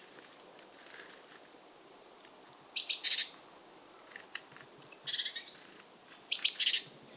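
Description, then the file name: Eurasian blue tit scolding: buzzy churr bursts come and go, interspersed with thin, high whistled notes. "Cyanistes caeruleus"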